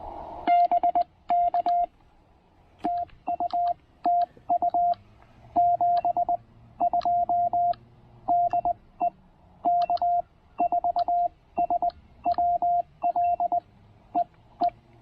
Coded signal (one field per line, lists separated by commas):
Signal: Morse code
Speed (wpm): 20 wpm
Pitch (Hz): 690 Hz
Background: radio noise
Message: BK TU TU 72 DE K4SWL EE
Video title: Logging some serious QRP DX with the TR-45 and Tufteln EFRW during a quick afternoon POTA break!